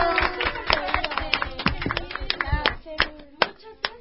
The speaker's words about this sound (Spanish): ¡Bien, bien! ¡Buen aplauso!